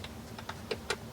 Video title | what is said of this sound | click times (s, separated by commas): Tesla Model Y - Autobahn High Speed Test Drive of the AWD Long Range Version | nice clicking sound, soft dampened, so indeed more and more premium | 0.0 s, 0.4 s, 0.5 s, 0.7 s, 0.9 s